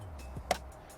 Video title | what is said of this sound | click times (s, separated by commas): In Depth Guide How to Check Oil & All Fluids 2013 Vauxhall Corsa D 1.4L Petrol A14XER Coolant, Brake | put the cap back on grayson until it clicks | 0.5 s